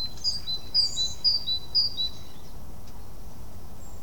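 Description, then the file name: Great tit song: a high, bright two-note phrase repeated about four times in two seconds, alternating a higher and a lower note, then quiet background hiss. "Parus major"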